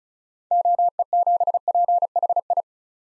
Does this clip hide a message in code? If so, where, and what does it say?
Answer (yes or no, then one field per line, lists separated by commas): yes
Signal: Morse code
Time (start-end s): 0.5-2.6 s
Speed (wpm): 36 wpm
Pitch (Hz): 700 Hz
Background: none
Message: OE7PHI